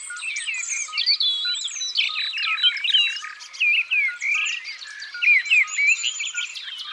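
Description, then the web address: Common nightingale song, a fast run of varied whistled and chirping phrases with sharp rising and falling notes. "Rossignol-philomele abc-de-la-nature"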